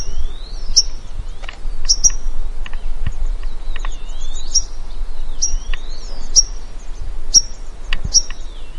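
Vinaceous rosefinch calling with high, piercing single notes roughly every second, joined by slurred descending and rising sweeps beneath, with faint low rumble throughout.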